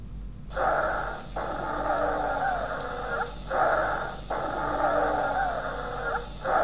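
Repeated breath cycles, about 20 a minute, carry high-pitched musical whistling tones that rise and fall within each breath, heard over adult lungs by stethoscope. This is wheezing, a sign of narrowed airways from varying degrees of airway obstruction.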